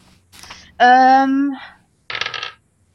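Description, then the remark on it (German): A twenty-sided die is rolled during a tabletop role-playing game to test cleverness, intelligence and charisma, giving a short rattle, then a loud sustained ringing clatter and one more brief burst as it settles. No one speaks. “Also erster Wurf ist 15 und ich hätte gebraucht 14, aber ich habe 3.”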